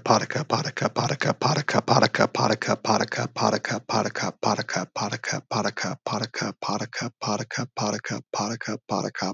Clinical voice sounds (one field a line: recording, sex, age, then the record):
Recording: repeated syllables /pa ta ka/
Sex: male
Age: 30 to 39 years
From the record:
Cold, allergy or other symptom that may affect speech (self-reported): no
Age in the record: 32 years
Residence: Missouri, United States